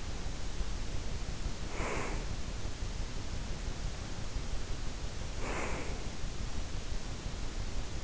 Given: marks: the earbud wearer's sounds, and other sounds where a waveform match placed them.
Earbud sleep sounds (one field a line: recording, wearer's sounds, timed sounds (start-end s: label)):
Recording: sounds in sleep by an in-ear microphone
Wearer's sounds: breath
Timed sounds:
1.64-2.45 s: breath
5.28-6.12 s: breath